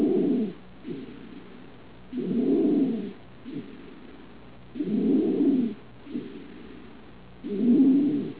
Inspiratory Stridor.